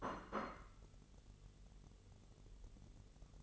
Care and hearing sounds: daily activity, microphone in the room; place plate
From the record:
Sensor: 4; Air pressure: 1002.9 hPa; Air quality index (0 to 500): 249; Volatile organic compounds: 20 ppm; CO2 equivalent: 2705 ppm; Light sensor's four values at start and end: 5/12/4/5 and 5/12/4/5

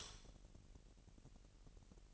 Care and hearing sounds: daily activity, microphone in the room; light off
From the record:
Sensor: 4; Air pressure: 1002.7 hPa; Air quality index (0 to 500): 248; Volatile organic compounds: 14 ppm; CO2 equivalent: 2465 ppm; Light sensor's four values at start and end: 7/16/6/7 and 6/14/5/6

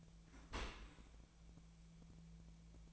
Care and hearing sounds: daily activity, microphone in the room; open dishwasher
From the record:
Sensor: 1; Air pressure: 1000.5 hPa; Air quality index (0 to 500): 183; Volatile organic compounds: 4 ppm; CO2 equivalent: 1681 ppm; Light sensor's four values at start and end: 11/27/11/13 and 11/27/11/13

